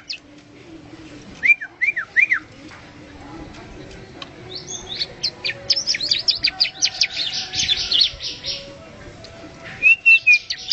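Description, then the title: Bar-winged prinia song: a few rising whistled notes, then a dense stretch of fast high chirps and buzzy pulses, ending with repeated looping whistles. "Suara Burung Ciblek"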